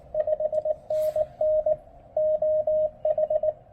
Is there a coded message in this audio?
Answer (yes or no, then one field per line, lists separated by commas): yes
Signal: Morse code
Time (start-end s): 0.2-3.5 s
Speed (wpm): 19 wpm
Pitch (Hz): 590 Hz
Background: radio noise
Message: 5NN OH